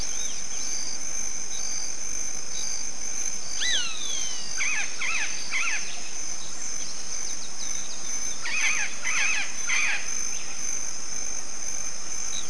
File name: yellow faced parrot